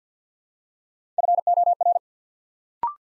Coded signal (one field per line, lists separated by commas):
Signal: Morse code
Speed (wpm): 48 wpm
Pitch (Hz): 700 Hz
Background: none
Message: FOR